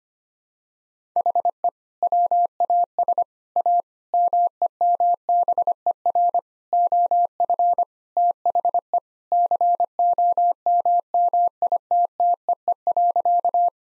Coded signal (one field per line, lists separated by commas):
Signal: Morse code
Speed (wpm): 25 wpm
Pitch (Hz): 700 Hz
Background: none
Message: HE WAS A MEMBER OF THE COMMITTEE.